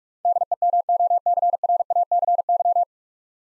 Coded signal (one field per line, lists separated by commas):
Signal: Morse code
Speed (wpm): 46 wpm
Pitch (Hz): 700 Hz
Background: none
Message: DEMOCRACY